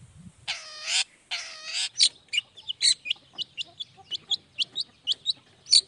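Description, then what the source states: Long-tailed shrike song: two harsh rasping notes open, followed by a steady string of short high chips. Cendet in full 'gacor' song in the morning with 'toet toet' sound variation, played to make other shrikes respond quickly.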